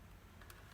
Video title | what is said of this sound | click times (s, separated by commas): Explaining sliding mechanism of mutantC | this you have to click here | 0.4 s, 0.5 s